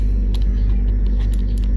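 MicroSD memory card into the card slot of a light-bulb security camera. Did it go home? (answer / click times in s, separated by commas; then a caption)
yes / 1.3 s. A microSD memory card is pushed into the card slot of a V380 Pro Y02 light-bulb-shaped CCTV security camera until it latches, over a steady low rumble. Several short, light ticks come through around 0.4, 1.1 and 1.6 seconds, and the sharpest click at 1.3 seconds marks the card seating, leaving it installed.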